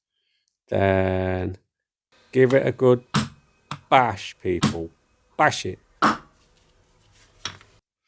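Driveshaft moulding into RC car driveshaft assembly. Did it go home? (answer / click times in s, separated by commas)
yes / 7.5 s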